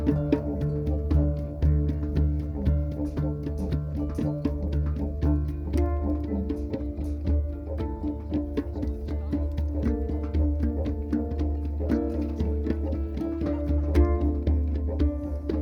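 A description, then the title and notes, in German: A didgeridoo holds a deep, steady drone under a harp and a hang playing ringing melodic notes that shift every second or two. Sharp taps, like the smithy's hammering, recur throughout the whole stretch at an even, busy level. Ohrenblick: Harfe, Hang und Didgeridoo. Aufgenommen mit einem 3D-Mikrofon. Um die Feuerschale sitzen eine Harfe, ein Hang und ein Didgeridoo. Im Hintergrund hört man das Hämmern der Schmiede.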